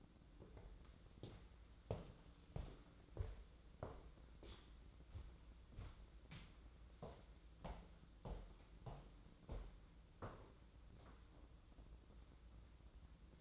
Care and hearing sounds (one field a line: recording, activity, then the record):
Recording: daily activity, microphone in the room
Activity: walk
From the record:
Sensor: 3